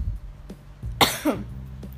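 A single sharp, forceful cough burst from a pregnant adult woman, with a brief voiced tail, in a quiet small room.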